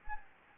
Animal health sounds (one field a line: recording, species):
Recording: mosquito wingbeat signal from an infrared sensor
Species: Anopheles gambiae